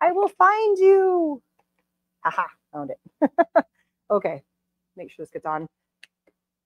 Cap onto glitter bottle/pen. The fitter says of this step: snap you gotta hear that snap